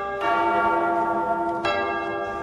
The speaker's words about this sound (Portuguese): Atenção, toca o sino, seu sacristão!